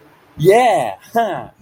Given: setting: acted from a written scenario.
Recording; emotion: vocal sound without words; triumph